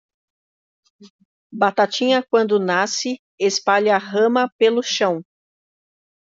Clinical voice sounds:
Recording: short text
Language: Brazilian Portuguese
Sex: female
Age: 40 to 49 years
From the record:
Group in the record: control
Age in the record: 47 years

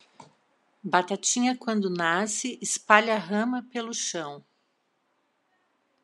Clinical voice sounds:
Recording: short text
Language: Brazilian Portuguese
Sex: female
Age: 50 to 59 years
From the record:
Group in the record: control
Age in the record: 51 years

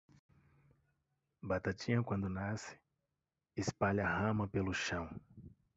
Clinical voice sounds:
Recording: short text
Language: Brazilian Portuguese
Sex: male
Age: 30 to 39 years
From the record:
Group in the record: control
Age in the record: 37 years

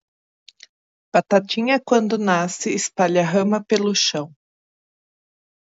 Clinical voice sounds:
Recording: short text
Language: Brazilian Portuguese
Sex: female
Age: 50 to 59 years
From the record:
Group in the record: control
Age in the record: 53 years

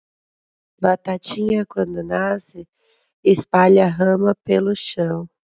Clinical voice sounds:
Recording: short text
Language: Brazilian Portuguese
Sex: female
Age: 30 to 39 years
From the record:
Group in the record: control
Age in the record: 37 years

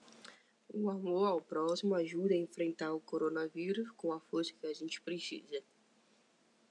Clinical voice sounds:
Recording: spoken sentence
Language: Brazilian Portuguese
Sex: female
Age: 20 to 29 years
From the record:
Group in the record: control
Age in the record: 23 years

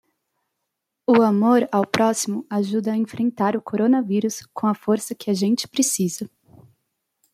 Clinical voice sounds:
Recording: spoken sentence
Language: Brazilian Portuguese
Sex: female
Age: 20 to 29 years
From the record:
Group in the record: control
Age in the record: 27 years

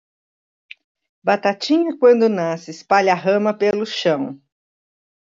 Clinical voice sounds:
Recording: short text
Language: Brazilian Portuguese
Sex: female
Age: 60 to 69 years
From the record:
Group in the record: control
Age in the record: 60 years

